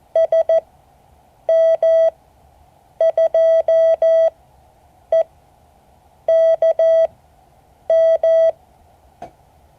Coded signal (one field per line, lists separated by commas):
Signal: Morse code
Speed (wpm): 14 wpm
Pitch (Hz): 650 Hz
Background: none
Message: SM2EKM